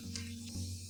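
The folding arm of a small plastic DJI Mavic Air quadcopter drone is unfolded and angled toward its flight position in the body hinge. A steady low hum runs throughout, with a brief faint tick at about 0.2 s. The arm has not yet clicked or locked into place.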